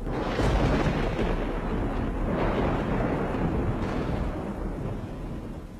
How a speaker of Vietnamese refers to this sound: vừa lúc trên bầu trời tiếng sấm động rung chuyển.